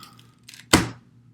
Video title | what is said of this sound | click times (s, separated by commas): Anova Precision Vacuum Sealer Pro Review - Worth Buying? | make sure it locks in place and then on top of here you'll see like dry wet the | 0.7 s